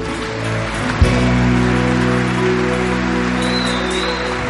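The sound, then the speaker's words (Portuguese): Steady audience applause for the Lord during a Catholic sermon by Padre Jonas Abib, a dense wash of clapping that carries on throughout, mixed with sustained keyboard chords holding underneath; no one speaks. “Vamos aplaudir o Senhor que faz tudo.”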